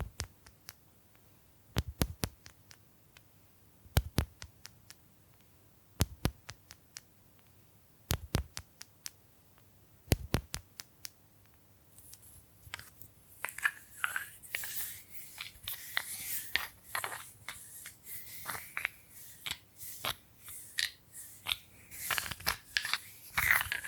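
Bamboo is tapped in sharp, dry clicks, often in quick pairs or small clusters every two seconds or so for the first twelve seconds. After that, hissy scratching and brushing strokes take over, dense and uneven, with bright scraping and scattered taps to the end.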